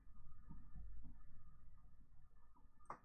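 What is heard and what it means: A loose Dupont jumper wire ground connector is pushed fully home onto a servo header pin of an SKR V1.4 3D printer control board, because the ground pin was not fully seated. Low handling and rustling noises run through the clip before a short, sharp click at 2.9 s as the connector seats.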